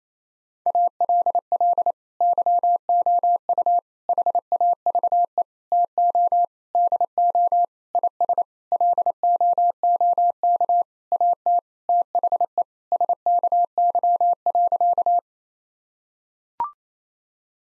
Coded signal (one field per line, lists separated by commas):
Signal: Morse code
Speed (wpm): 28 wpm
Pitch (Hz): 700 Hz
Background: none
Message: ALL YOU HAVE TO DO IS LOOK AT THE SKY.